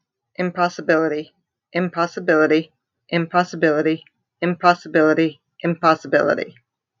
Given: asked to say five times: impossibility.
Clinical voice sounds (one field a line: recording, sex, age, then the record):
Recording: repeated word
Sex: female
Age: 40 to 49 years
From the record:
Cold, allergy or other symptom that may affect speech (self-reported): no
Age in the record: 43 years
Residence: New Jersey, United States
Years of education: 12